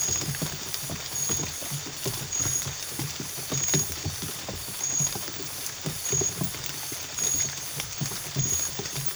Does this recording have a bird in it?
no